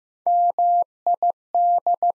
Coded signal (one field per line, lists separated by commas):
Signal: Morse code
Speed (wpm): 15 wpm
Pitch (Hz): 700 Hz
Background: none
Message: MID